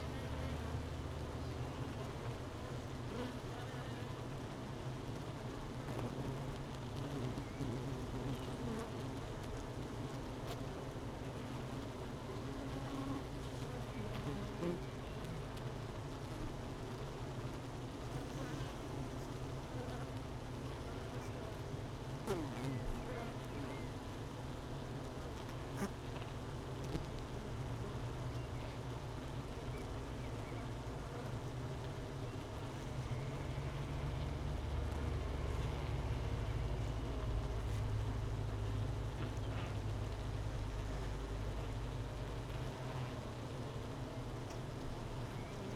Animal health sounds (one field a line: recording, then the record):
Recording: honeybee colony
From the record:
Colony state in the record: missing queen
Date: 31 May 2018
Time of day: 13:00